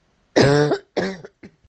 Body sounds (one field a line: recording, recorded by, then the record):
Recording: voluntary cough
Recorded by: messaging app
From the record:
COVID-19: negative